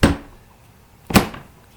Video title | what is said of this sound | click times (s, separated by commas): Igloo marine ultra Quantum roller 52 qt cooler first impressions | i mean you can hear that snap that's a nice tight fit | 0.0 s